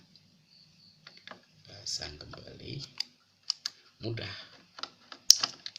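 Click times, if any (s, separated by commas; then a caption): 5.3 s. A plastic fitting of the ink-tank and hose assembly on an ink-tank inkjet printer's ink supply unit is refitted and pressed home after the ink has been drained. Someone talks over small taps and handling clicks. A sharp snap at 5.3 s marks the part seating back into place.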